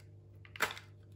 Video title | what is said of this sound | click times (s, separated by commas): KOMPLE DYSON V15 NASIL TEMİZLENİR? I KILAVUZA GÖRE DYSON TEMİZLİĞİ | bakın tık diye açılıyor | 0.5 s, 0.6 s